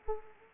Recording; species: mosquito wingbeat signal from an infrared sensor; Anopheles arabiensis